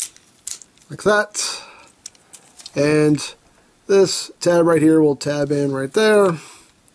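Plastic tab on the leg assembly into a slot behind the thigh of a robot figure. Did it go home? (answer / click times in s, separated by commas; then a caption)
no / none. Someone talks while handling a Fansproject M3 (Menasor) transforming robot figure, with small plastic handling clicks early on and around 2.1 s, as a plastic tab on the leg assembly is brought toward its slot behind the thigh. Nothing has seated or clicked yet; the tab is meant to lock the parts together, though not super securely.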